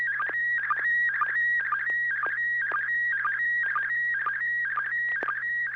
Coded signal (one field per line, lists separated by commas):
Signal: SSTV (slow-scan television)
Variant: PD 120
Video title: N6NA SSTV Net - 04/10/2024